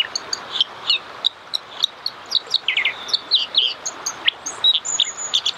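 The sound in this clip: Dipper song of quick, high, clipped notes, scratchy chirps and a few thin whistles, delivered in irregular bursts against a soft background hiss.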